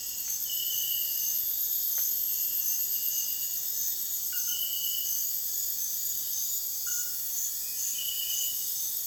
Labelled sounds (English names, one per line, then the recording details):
none
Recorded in dense forest near Puerto Asís, Putumayo, Colombia, on 24 June 2025 at 03:30
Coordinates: 0.484, -76.325
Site H65